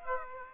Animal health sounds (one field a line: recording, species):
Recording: mosquito wingbeat signal from an infrared sensor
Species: Aedes aegypti